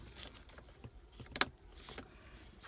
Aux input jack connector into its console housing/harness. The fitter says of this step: make sure it clicks and it's good and then you can plug it back in